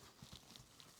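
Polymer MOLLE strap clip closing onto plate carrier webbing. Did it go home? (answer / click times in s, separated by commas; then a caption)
no / none. A polymer MOLLE strap, laced through the webbing on a plate carrier, is handled and pressed down toward the point where its end snaps closed. Short, soft ticks and rustles are heard around 0.4, 0.6 and 0.8 seconds over low handling noise. Nothing has seated or clicked yet.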